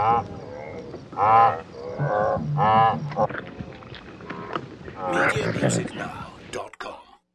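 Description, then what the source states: Wildebeest giving nasal, buzzy grunts in short bursts about every second, followed by a rougher, noisier stretch near the end. Several wildebeest at a waterhole.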